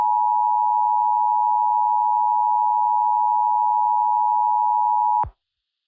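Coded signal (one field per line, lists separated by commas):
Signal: Emergency Alert System (SAME) tones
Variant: 853 and 960 Hz attention tone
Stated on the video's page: Fictional EAS scenario about a volcanic eruption.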